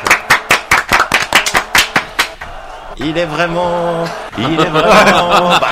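A quick run of steady, sharp hand claps for about two seconds, then voices cheering and whooping take over while the clapping fades.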